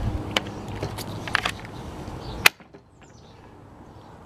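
A 20V slide-on battery pack is pushed onto the battery mount of a Craftsman 20V Max "Quickwind" cordless string trimmer. Scraping and a few sharp taps near 0.4 and 1.4 s lead to a loud, crisp latch click at 2.5 s, after which the sound drops to near silence. The pack locks in and is seated.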